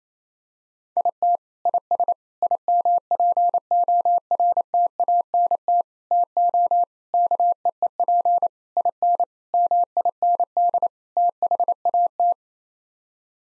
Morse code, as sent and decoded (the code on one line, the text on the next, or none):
.. - / .. ... / .. -- .--. --- .-. - .- -. - / - --- / -.- . . .--. / .. -. / -- .. -. -.. / - .... .- -
IT IS IMPORTANT TO KEEP IN MIND THAT